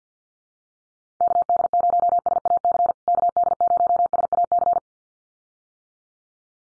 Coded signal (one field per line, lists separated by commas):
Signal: Morse code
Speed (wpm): 50 wpm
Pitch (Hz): 700 Hz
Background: none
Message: KD0SAC KD0SAC